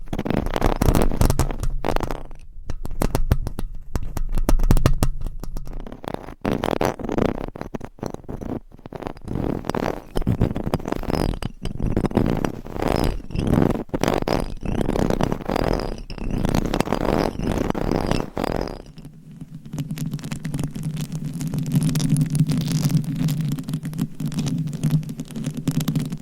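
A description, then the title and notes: Dense scratching of nails across a microphone, a rapid stream of scraping and crackling strokes with a low rumble underneath. Around nineteen seconds it shifts to a smoother, steadier rubbing with a constant low hum, less choppy than before. ASMR Mic Scratching - Brain Scratching with 10 Mics Asmr No Talking for Sleep with Long Nails.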